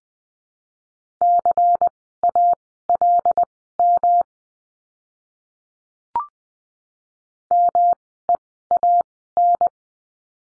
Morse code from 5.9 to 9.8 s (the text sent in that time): MEAN